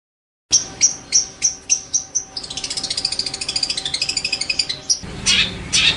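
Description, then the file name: Long-tailed shrike song opening with about seven sharp notes, then a long rapid trill, ending in a harsher scratchy phrase. Master song used for training songbirds. "cendet master. omkicau"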